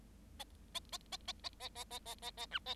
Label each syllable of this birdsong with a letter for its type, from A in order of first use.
A A A A A A A A A A A A B A